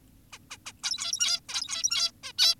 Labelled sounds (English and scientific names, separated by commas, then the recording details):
Zebra Finch (Taeniopygia guttata)
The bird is an adult
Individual g17y2U